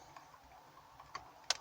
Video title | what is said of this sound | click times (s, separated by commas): Fiat 500 2007 onward,how to remove factory stereo,quick simple guide | into the holes like so you'll hear it click like that put one in the other side | 1.5 s